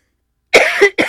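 Two quick, harsh coughs from an adult woman after a brief silence; the second is cut short.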